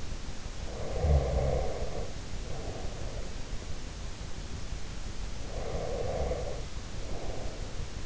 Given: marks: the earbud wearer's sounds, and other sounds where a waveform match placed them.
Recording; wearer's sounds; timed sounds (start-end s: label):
sounds in sleep by an in-ear microphone; breath
0.24-3.51 s: breath
5.20-8.06 s: breath